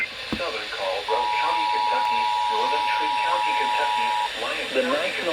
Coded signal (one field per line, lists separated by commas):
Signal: Emergency Alert System (SAME) tones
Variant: 853 and 960 Hz attention tone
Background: speech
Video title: Severe Thunderstorm Warning EAS#532 - #533